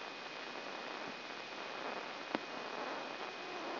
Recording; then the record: brain microelectrode recording played as sound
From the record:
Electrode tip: inside the subthalamic nucleus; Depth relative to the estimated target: -2 mm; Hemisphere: right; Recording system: AlphaMap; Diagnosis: Parkinson's disease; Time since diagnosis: 9 years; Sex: male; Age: 68 years